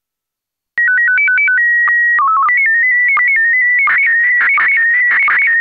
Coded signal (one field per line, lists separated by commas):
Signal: SSTV (slow-scan television)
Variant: PD 90